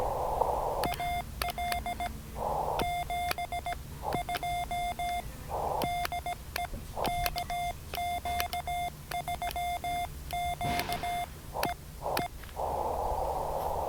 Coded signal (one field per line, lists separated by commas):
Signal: Morse code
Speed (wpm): 17 wpm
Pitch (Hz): 2100 Hz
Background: none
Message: AL 72 DE KQ3Q E E